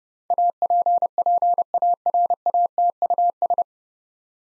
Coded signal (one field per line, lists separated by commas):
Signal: Morse code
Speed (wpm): 30 wpm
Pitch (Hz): 700 Hz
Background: none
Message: APPARATUS